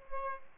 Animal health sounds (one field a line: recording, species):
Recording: mosquito wingbeat signal from an infrared sensor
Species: Aedes albopictus